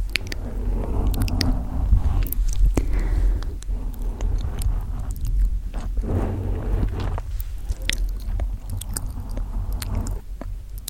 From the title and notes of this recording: ASMR Mic Scratching & Gentle Mouth Sounds.